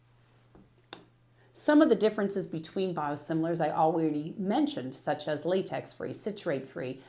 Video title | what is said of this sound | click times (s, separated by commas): Understanding Biosimilars | and there is an audible click at the end to indicate it is finished | 0.9 s